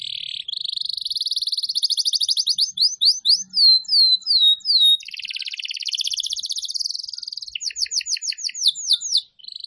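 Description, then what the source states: Atlantic canary song with a long trill, repeated downswept notes, then a broad buzzy roll and fresh rapid phrases. Canary, called kenari, recording used as a lure for bird-trapping (pikat).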